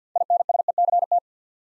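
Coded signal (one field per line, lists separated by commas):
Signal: Morse code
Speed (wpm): 48 wpm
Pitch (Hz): 700 Hz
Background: none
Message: INSECT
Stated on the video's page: Morse practice at 50 wpm: six-letter words sent two letters at a time, a word-building drill for instant character recognition.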